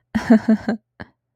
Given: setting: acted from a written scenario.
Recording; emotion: vocal sound without words; amusement